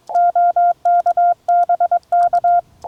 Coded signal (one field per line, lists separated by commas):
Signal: Morse code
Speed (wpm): 22 wpm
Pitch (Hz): 1400 Hz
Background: none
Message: OK BK